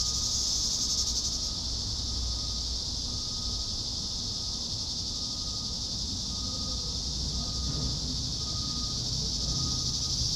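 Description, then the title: Cicada drone, a shrill steady buzz with a brighter burst at the start, plus a faint thin tone and low rumble. "neoscenes: cicadas"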